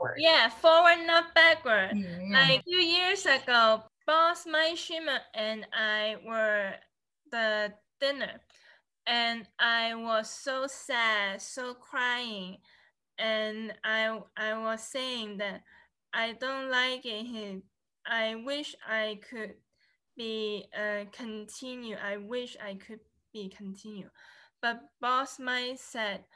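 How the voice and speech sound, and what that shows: An adult woman speaks in short, halting, effortful bursts broken by frequent pauses, with drawn-out sounds, restarts and ungrammatical phrases such as a repeated "I wish I could be continue." These features fit expressive aphasia, present since two strokes about 10.5 years earlier caused by an arterial dissection; words come out with difficulty.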